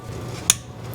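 A pick or flat-head screwdriver is wedged under the plastic locking tab of the ignition coil pack wiring harness connector on a 2013 Audi B8.5 S4 3.0T and pushed up to release it, so the connector can be pulled off during a valve cover gasket job. Over a low steady hum, a single sharp, bright click sounds at 0.5 s as the latch snaps open, and the connector is released.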